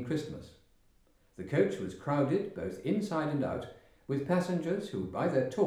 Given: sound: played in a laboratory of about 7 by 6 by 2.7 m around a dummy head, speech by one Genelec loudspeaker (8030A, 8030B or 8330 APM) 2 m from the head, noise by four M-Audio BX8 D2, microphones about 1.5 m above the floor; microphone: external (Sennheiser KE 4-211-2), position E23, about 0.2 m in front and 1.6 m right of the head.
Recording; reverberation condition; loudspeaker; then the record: male speech in English; medium; 120 degrees to the right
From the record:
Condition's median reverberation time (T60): about 510 ms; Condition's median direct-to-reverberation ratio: about -0.5 dB